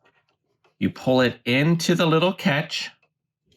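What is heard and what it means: Someone talks while handling the bobbin thread on a Husqvarna Viking Epic 95Q sewing machine, after the larger bobbin has been dropped into the bobbin case and the thread is pulled toward the small tension catch. Faint handling ticks come before and after the talking, and one sharper tap lands at about 3.6 s. The thread has not clicked into the catch yet, and nothing has seated.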